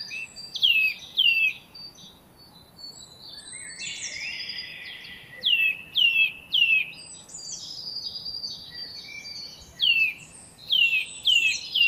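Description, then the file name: Eurasian nuthatch repeating quick falling whistled notes in groups of two or three, with a stretch of busy high chatter in the middle. "Sitta europaea"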